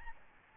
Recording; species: mosquito wingbeat signal from an infrared sensor; Aedes albopictus